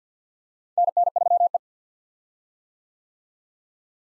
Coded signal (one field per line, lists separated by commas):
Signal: Morse code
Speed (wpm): 50 wpm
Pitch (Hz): 700 Hz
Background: none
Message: NN3E